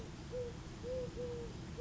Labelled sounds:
Eurasian Collared Dove (Streptopelia decaocto)
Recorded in Sonoma County, California

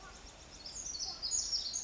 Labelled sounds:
Pacific Wren (Troglodytes pacificus)
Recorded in Sonoma County, California

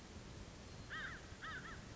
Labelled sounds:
American Crow (Corvus brachyrhynchos)
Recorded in Sonoma County, California

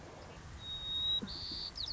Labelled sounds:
White-crowned Sparrow (Zonotrichia leucophrys)
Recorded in Sonoma County, California

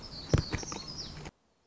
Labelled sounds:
Black-throated Gray Warbler (Setophaga nigrescens)
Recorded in Sonoma County, California

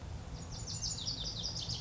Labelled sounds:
Lazuli Bunting (Passerina amoena)
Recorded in Sonoma County, California

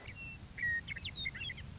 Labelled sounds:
Western Meadowlark (Sturnella neglecta)
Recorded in Sonoma County, California

